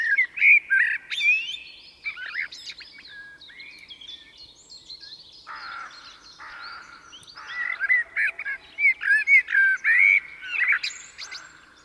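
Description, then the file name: Common blackbird delivering strong warbled phrases at the start and again in a long loud stretch near the end, amid busy high-pitched chirping. "Turdus merula"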